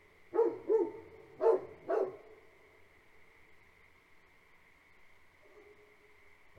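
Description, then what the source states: Great Pyrenees barking: four loud barks within the first two seconds, then quiet over a steady high drone, and another bark at the very end. Two livestock guardian dogs barking on a farm at night, for the first five minutes then periodically; frog chorus in the background; recorded March 2021.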